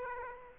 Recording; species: mosquito wingbeat signal from an infrared sensor; Aedes aegypti